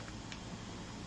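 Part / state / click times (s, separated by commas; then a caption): mode selector ring on a hammer drill chuck collar / not seated / none. The mode selector ring behind the chuck of a corded Milwaukee 5370 2-speed hammer drill is handled, being pulled back to unseat it and twisted toward the hammer-mode position. A brief, faint tick comes at 0.3 s over a steady low hum. Nothing has seated or clicked yet; the ring has not snapped forward into place.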